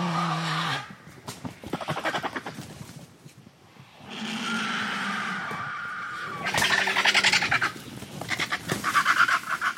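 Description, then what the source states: Griffon vultures feeding, with gruff croaks, panting hisses and rapid rasping bursts. Several griffon vultures calling while feeding together on a carcass (the curée); usually silent birds that call loudly when eating.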